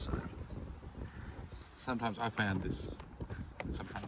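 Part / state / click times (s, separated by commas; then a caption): door latch rod clip into door latch/handle mechanism / not seated / none. Someone talks while working inside a VY/VZ car door during a side mirror replacement, trying to hook the plastic clip of the door latch rod into the door latch/handle mechanism. A few faint, brief taps and knocks are heard near the end. The clip fails to catch at all, so nothing has seated or clicked yet.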